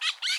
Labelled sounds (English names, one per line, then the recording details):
Brown-throated Parakeet contact call
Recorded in Curacao
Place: N of oil terminal (Bullenbaai)
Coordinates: 12.200, -69.020